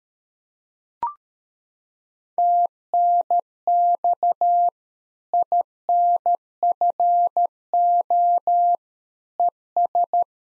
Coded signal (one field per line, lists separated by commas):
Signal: Morse code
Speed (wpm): 13 wpm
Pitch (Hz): 700 Hz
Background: none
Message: TNX INFO ES